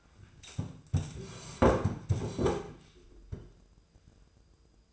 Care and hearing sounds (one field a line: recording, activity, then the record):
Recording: daily activity, microphone in the room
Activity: sit down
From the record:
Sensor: 2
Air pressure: 995.8 hPa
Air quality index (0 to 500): 243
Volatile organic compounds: 1000 ppm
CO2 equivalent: 6001 ppm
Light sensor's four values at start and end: 25/59/26/29 and 26/63/28/31